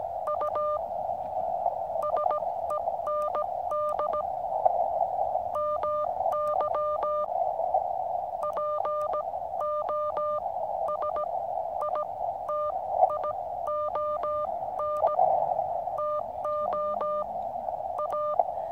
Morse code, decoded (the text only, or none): U SEND MY POSITION TO A